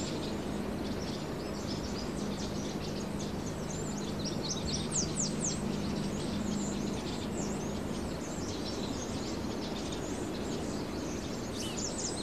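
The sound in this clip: Birds chirping: scattered high, quick down-slurred notes, with a brighter burst around the middle, over a steady noisy background and low hum.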